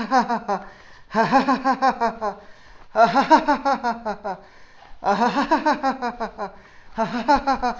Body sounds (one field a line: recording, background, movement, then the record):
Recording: laughter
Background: quiet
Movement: walking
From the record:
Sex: male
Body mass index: 20.6 kg/m2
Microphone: on the chest, facing outward